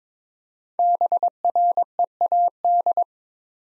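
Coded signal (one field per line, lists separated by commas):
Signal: Morse code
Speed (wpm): 22 wpm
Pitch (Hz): 700 Hz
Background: none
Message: BREAD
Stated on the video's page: Morse practice set of easy words at 22 wpm, using contextual hints (priming) before each word.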